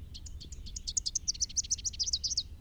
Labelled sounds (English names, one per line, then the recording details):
Rufous-capped Warbler song
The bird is a male
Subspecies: rufifrons
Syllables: 24
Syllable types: 7
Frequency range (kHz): 2.8-8.5 kHz
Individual SP-R09-M